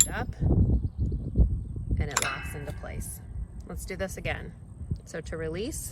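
A spring gate latch on a closed metal farm panel gate is re-secured with one finger and engages with a sharp metallic clank at 0.0 s. More metallic clinks and rattles follow around 2.2 s while someone talks. The latch is seated.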